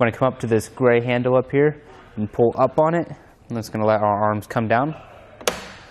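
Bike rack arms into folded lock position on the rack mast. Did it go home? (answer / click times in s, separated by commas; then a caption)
yes / 5.5 s. Someone talks while pulling up the gray handle on a Yakima RidgeBack 2-bike hitch rack on a 2014 Volkswagen Passat, letting the metal rack arms fold down toward the rack mast. A sharp latch click sounds at 5.5 s as the arms lock into their folded position.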